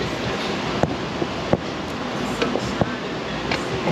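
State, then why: Not seated. A spark plug wire boot is pushed down through the hole onto a deep-set spark plug terminal on an OBS Ford 5.0 F150 after a spark plug blew out. Over steady broadband noise, a few short, sharp ticks and knocks sound around 0.8, 1.5, 2.4, 2.8 and 3.5 seconds. Nothing has clicked or seated yet; the boot does not go on and pushes itself back off.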